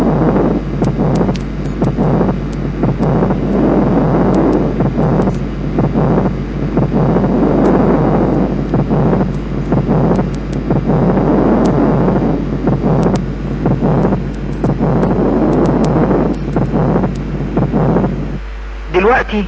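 Adult heart sounds through a stethoscope, partly masked by loud, rushing breath sounds at about 15 breaths a minute. Murmurs are also present. The second heart sound is split, and the split stays the same in inspiration and expiration. This fixed splitting is typical of an atrial septal defect.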